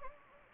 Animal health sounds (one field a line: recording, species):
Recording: mosquito wingbeat signal from an infrared sensor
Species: Anopheles gambiae